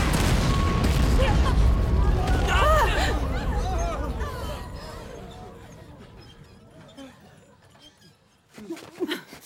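explosion

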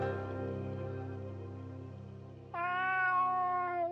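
cat meowing

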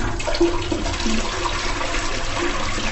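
toilet flushing

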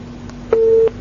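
telephone busy tone

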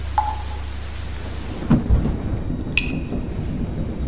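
rain falling

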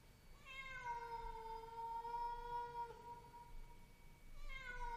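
cat meowing at night

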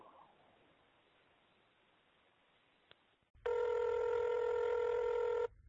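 telephone ringing

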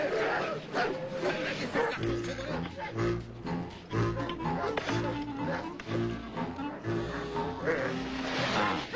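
dogs barking

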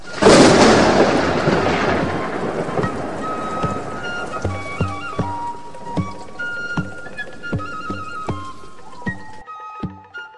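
thunder

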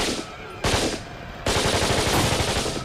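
machine gun fire

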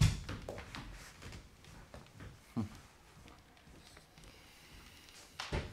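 door being opened

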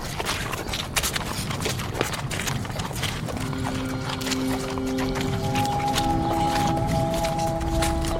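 horse hooves clip-clopping

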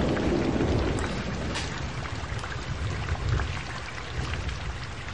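rain with thunder

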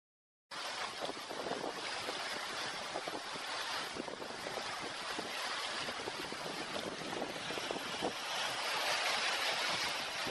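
flowing river water

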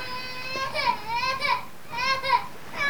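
baby crying loudly

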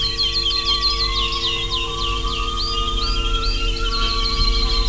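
nightingale singing

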